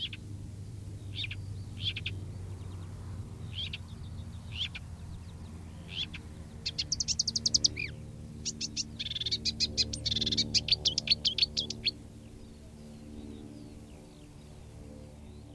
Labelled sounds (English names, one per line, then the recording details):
Marsh Warbler song
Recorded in the wild
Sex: male
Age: adult
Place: Wiesenthau, Bayern, DE
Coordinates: 49.7128, 11.1353
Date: 1962-05-29
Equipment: Stellavox SM 5, Original, Vollspur
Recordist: Tretzel, Erwin